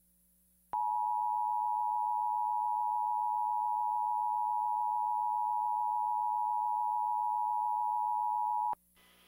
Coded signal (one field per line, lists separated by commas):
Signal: Emergency Alert System (SAME) tones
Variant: 853 and 960 Hz attention tone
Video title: EAS History - Broadcasts for the Past 20 Years! (2002 - 2022)